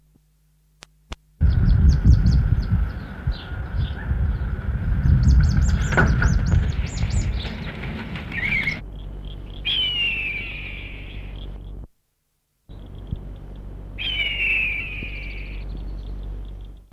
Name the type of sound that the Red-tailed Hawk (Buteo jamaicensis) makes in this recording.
defence call